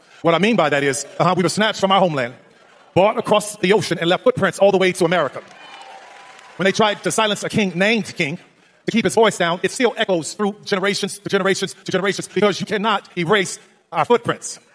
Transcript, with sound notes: What I mean by that is, uh, how we were snatched from our homeland, brought across the ocean, and left footprints all the way to America. (audience cheering) When they tried to silence a king, named King, to keep his voice down, it still echoes through generations to generations to generations, because you cannot erase our footprints.